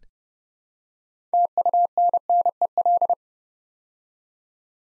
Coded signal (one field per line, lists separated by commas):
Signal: Morse code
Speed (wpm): 30 wpm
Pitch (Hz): 700 Hz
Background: none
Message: TUNNEL